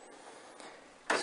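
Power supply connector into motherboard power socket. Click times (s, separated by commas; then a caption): 1.1 s. A keyed power supply connector with square and bevelled pins is pressed without forcing into the motherboard power socket. A faint bump comes at 0.6 seconds, then a sharp, loud click at 1.1 seconds as the connector latches in and is seated. No one talks during the clip.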